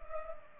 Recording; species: mosquito wingbeat signal from an infrared sensor; Culex pipiens